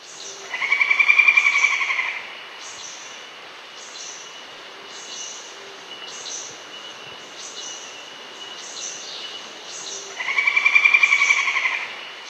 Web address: Songs of Birds of North America Stokes. Hook-billed Kite